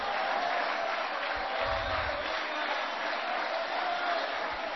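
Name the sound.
audience applauding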